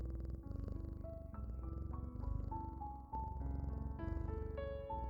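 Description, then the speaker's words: Domestic cat purring in a low rhythmic rumble while calm instrumental tones play over it. Cat purring played during the silent part of a guided relaxation meditation, mixed with calming music. "Focus on the sound of the cat's purr and drift off."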